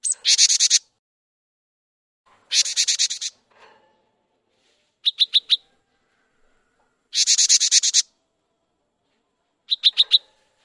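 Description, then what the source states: Cinereous tit song mixing harsh buzzy rattles with short bursts of four bright, rapid whistled notes, separated by brief silences. Bird described as lenggak-lenggok (swaying about).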